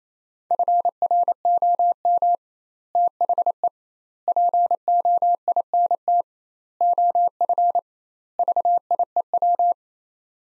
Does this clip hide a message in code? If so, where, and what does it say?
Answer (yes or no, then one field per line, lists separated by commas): yes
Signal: Morse code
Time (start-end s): 0.5-9.7 s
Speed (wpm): 28 wpm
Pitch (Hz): 700 Hz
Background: none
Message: FROM THE POINT OF VIEW